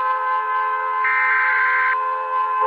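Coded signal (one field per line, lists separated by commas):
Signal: Emergency Alert System (SAME) tones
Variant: header bursts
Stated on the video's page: EAS alarm tones in an animated series, simulated.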